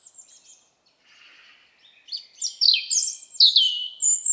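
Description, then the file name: European robin song, soft scratchy notes leading into loud, sweeping high whistles that drop and rise in quick succession. "Erithacus rubecula"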